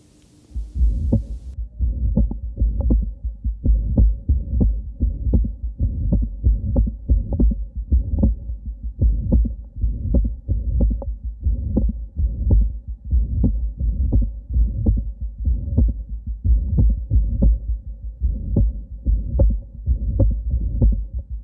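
Heart sounds through the stethoscope in a woman of about 50 with severe mitral regurgitation from ruptured chordae tendineae and atrial flutter: steady low thumps with a continuous fast, buzzing hum between beats. These atrial flutter sounds carry more high-frequency components. They were missed at the initial exam; audible flutter sounds are a rare sign, easily overlooked because they lie outside the focus of listening.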